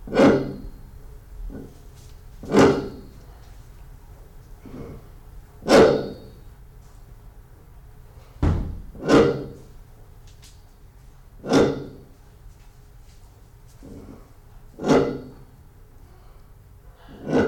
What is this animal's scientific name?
Ardeotis kori